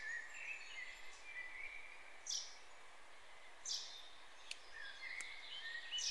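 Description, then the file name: Common chaffinch calls, short sharp high notes given singly at irregular intervals, with faint thin whistles underneath. "Fringilla coelebs"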